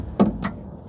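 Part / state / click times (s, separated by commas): window regulator clip onto door window glass / seated / 0.4 s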